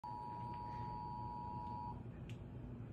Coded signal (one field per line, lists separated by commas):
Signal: Emergency Alert System (SAME) tones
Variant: 853 and 960 Hz attention tone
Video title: Emergency alert system tornado watch for following Texas storm